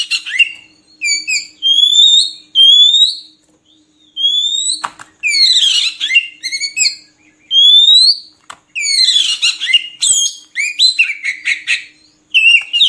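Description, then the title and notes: Oriental magpie-robin in varied continuous song: rising whistles, falling slurs, and bursts of harsh, scratchy chatter, with short gaps between phrases. Long-duration filler (isian) song recording for training magpie-robins to sing actively (gacor) day and night. "Kacer Jadi Gacor Siang Malam. Isian Kacer Durasi Panjang"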